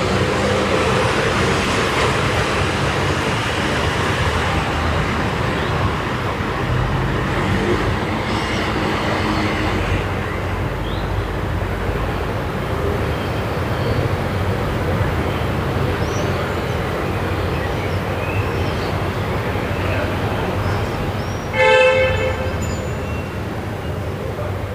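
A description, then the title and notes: Evening street in Milan with a steady, dense rumble of passing traffic, and a brief sharp horn-like tone sounding near the end. Via Moscova, Milano (Evening). Recorded in Milan, Italy, on via della Moscova, overlooking Largo la Foppa.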